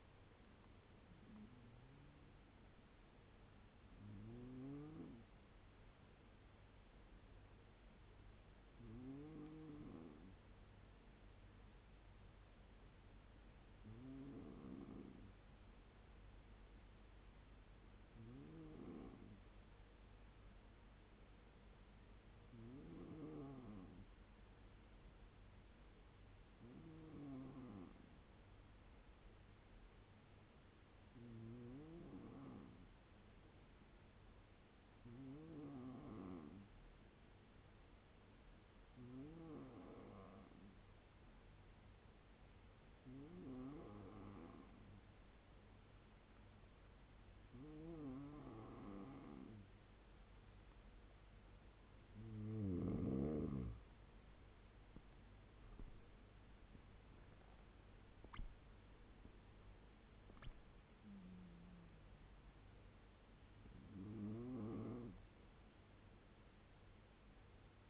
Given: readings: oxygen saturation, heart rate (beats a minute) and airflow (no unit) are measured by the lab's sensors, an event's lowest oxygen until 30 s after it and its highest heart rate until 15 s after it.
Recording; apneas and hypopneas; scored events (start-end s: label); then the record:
breathing in sleep by a voice recorder at the bedside; 1
1.00-31.00 s: new sleep stage, N1 (lightest sleep)
12.00-53.20 s: hypopnea (N1, oxygen 97% highest, then 91% lowest, heart rate 71 at the start, 86 highest)
31.00-61.00 s: new sleep stage, N2 (light sleep)
61.00-67.90 s: new sleep stage, N1 (lightest sleep)
From the record:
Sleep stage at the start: N2 (light sleep); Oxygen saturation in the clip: 91 to 97%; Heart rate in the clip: 67 to 86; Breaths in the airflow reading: 15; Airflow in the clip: -11.5 to 13.0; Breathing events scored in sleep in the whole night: 201 in 6.5 hours asleep